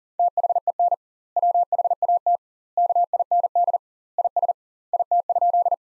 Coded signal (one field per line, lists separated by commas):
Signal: Morse code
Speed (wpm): 40 wpm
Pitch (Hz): 700 Hz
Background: none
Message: THEN WHAT KIND IS IT?